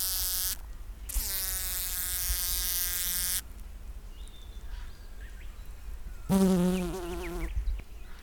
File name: BEE-white stripey 071116 7 09 am est